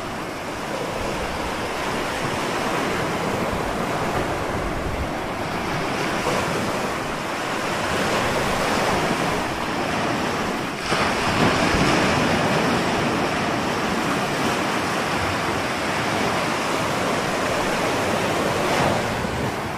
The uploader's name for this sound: Waves